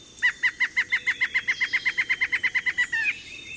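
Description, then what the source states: Black-hooded antshrike giving a fast series of many notes that speeds up slightly, ending with a longer final note. Two birds calling deep in a thicket in early morning, around 8 a.m., in mixed tropical and temperate forest beside a stream in Costa Rica.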